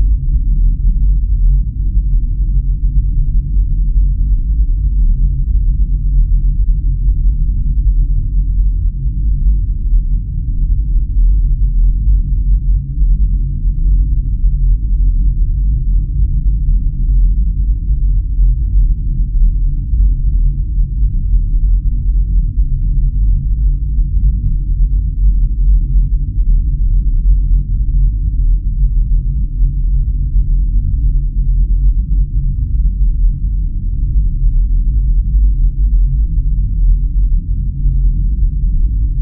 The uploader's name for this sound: Super Deep Brown Noise